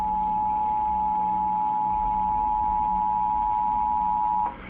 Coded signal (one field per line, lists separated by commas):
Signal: Emergency Alert System (SAME) tones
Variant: 853 and 960 Hz attention tone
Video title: Rare and Disturbing EAS Alerts Explained